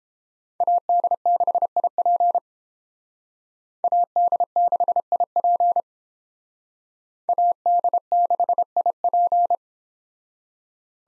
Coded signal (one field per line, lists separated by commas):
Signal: Morse code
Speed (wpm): 31 wpm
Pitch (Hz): 700 Hz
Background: none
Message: AD6IP AD6IP AD6IP